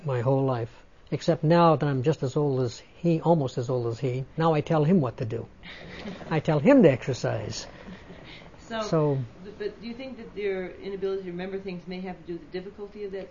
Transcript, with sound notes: My whole life, except now that I'm just as old as, almost as old as he, now I tell him what to do. (laughs) I tell him to exercise. So...
But do you think that your inability to remember things might have to do with difficulty at that time?